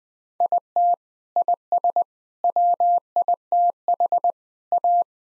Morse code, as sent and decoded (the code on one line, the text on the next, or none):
.. - / .. ... / .-- .. - .... / .-
IT IS WITH A